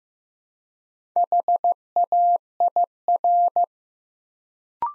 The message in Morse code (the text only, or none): HAIR